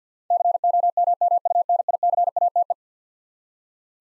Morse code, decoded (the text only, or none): COMMUNICATE